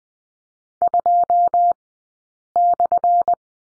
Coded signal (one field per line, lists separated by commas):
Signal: Morse code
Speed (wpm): 20 wpm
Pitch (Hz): 700 Hz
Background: none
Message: 2/